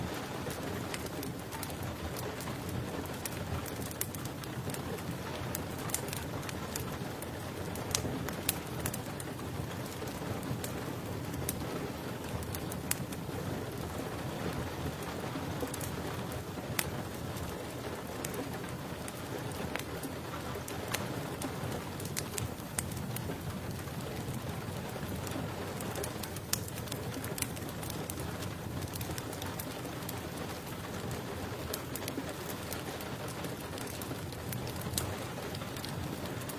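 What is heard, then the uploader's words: Steady rain patters densely and evenly, with crisp drop ticks and small crackles scattered throughout, a few sharper clicks standing out near 8, 17 and 27 seconds. A soft low rumble sits underneath, and the level stays constant from start to end. Crackling raindrops, paired with soft matches.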